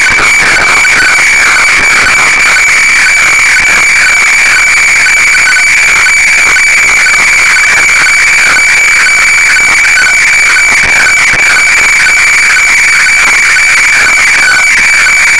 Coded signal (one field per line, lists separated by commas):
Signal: weather fax (radiofax)